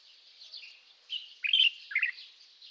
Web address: Deverinetal 2025 Bird Only Hi Ru